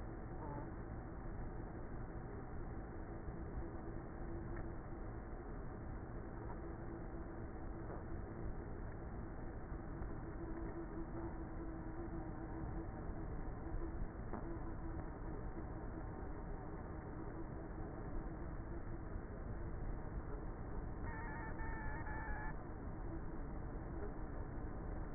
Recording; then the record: honeybee colony, microphone inside the hive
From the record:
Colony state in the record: queenless with a low population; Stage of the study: before two queens were removed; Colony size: about 30,000 bees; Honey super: no